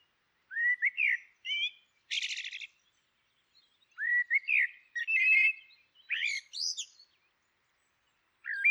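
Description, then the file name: Common blackbird singing rich, rising fluted whistles with scratchy high flourishes, broken by a short harsh buzzy burst, in phrases spaced by brief silences. "Merle noir Turdus merula"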